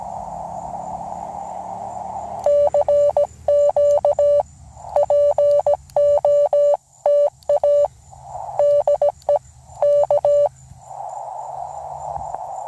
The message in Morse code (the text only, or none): CQ POTA DE K